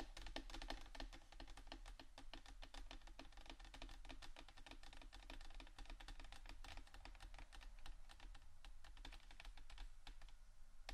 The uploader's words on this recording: ASMR Scratchtap On Various Items （No Talking）.